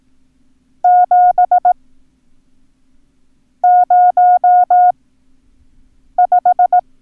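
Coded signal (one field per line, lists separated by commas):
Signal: Morse code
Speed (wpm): 18 wpm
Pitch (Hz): 720 Hz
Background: none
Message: 705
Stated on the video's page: Morse code lesson teaching the numbers 9 and 0 for ham radio use.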